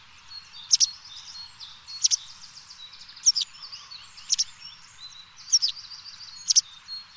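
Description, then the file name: White wagtail giving bright, clipped double chirps about once a second, with softer high twitters between them. "Bergeronnette grise"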